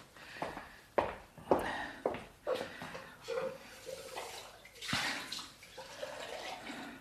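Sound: water being poured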